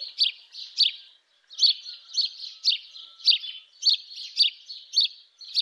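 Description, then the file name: House sparrow cheeping in a quick repeated series of harsh chirps, with a brief pause near the start and otherwise steady rhythm. "Domovyj vorobej Passer domesticus"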